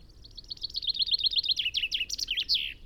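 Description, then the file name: Common chaffinch delivering a brisk series of repeated high notes that ends in an emphatic flourish, over quiet background. "Fringilla coelebs"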